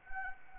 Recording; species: mosquito wingbeat signal from an infrared sensor; Anopheles arabiensis